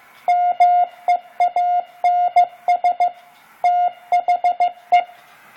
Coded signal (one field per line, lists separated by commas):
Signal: Morse code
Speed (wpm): 15 wpm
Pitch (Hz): 710 Hz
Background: none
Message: MEANS THE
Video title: 15 wpm Morse Code and Discussion